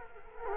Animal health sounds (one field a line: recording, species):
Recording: mosquito wingbeat signal from an infrared sensor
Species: Culex quinquefasciatus